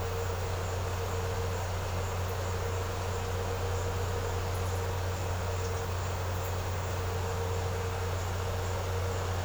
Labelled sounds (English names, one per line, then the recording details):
none
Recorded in secondary vegetation near Puerto Asís, Putumayo, Colombia, on 4 March 2025 at 15:00
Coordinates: 0.468, -76.324
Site G059